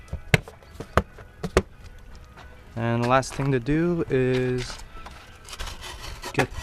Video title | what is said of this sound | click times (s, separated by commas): Neuspeed Power Module - Golf R | then just put the valve cover back on snaps into place and | 0.3 s, 1.0 s, 1.6 s